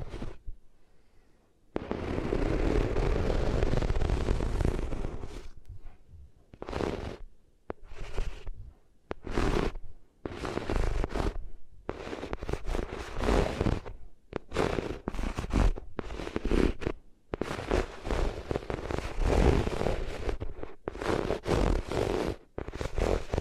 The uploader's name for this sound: Rubbing Your Ears on Different Materials